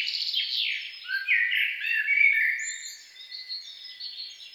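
Songbird warbling with fast chirps and a slurred, whistled run, fading into softer high twitters toward the end.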